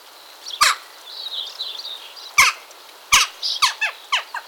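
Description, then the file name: Western jackdaw calls, abrupt harsh chak notes spaced unevenly, ending in a rapid cluster of short descending notes, softer high chattering underneath. "choucasdestours"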